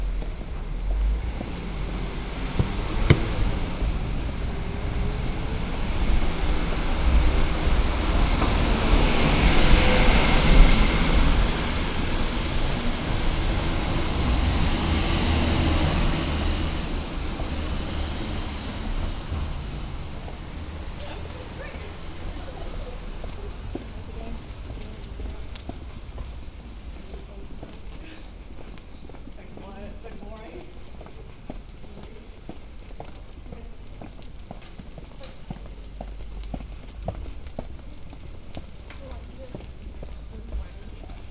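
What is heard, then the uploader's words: A street walk with traffic swelling past in the first fifteen seconds, then a quieter stretch of footsteps, scattered voices and light clattering. Walking down Mansfield Road, Holywell Street, and Broad Street. From Queen Elizabeth House to Cornmarket Street, on the left-hand side.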